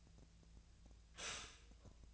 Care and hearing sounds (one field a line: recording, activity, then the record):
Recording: daily activity, microphone in the room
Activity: stop toaster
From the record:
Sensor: 2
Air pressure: 1009.1 hPa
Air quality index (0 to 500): 187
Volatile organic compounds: 11 ppm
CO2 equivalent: 2314 ppm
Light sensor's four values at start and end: 23/56/24/26 and 23/56/24/26